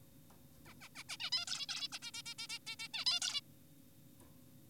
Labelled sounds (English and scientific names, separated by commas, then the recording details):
Zebra Finch (Taeniopygia guttata)
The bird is an adult
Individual g4p5U